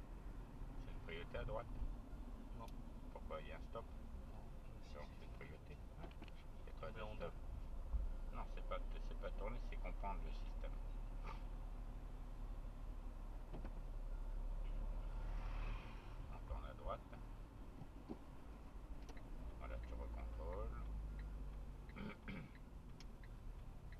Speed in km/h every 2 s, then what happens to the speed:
27, 21, 20, 25, 28, 29, 28, 31, 31, 28, 22, 18.
0-4 slows to 20. 4-8 speeds up to 28. 8-16 steady at about 29. 16-24 slows to 18.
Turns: 0-4.